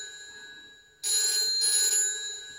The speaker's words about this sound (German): Geh ans Telefon.